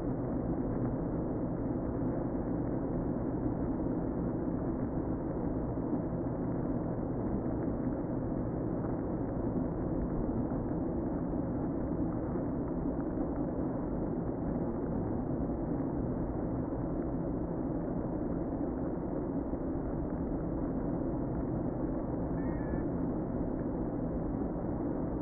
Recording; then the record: honeybee colony, microphone inside the hive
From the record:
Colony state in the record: queen present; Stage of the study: before two queens were removed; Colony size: about 60,000 bees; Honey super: yes